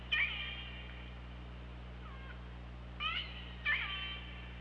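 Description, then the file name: Killer whale calls: four squealing, harmonic pulsed calls with sweeping, bending tones, over a low steady underwater hum. Recorded on the OrcaLab hydrophone, 24 August 2017 at 18:56. "Orca Lab UTLN 20170824 185625"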